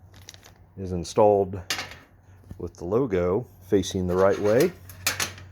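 An LED light module is pressed into the plastic housing of a 1969 Dodge Charger lighting kit, its alignment dots lined up with the matching pockets and its logo facing the right way. Someone talks throughout, and a single sharp snap is heard at 5.1 s as the light seats in the housing.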